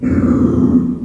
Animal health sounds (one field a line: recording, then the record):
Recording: squeal of a Yucatan mini pig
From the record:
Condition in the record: after surgery on the right vocal fold (resection and tissue-engineered implant)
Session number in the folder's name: 11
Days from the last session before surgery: 98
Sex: female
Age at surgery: 19 weeks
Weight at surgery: 25 kg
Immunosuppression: prednisolone